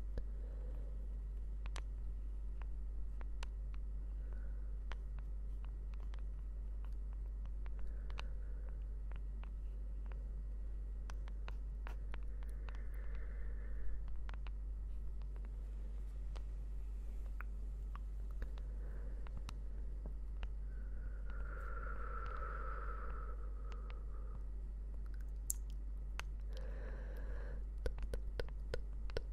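Slow, gentle tapping: light, sharp taps land irregularly every second or so throughout, some slightly louder than others. A constant deep hum sits underneath, and a few soft, brief mid-pitched sounds drift in around the middle and near 22 seconds.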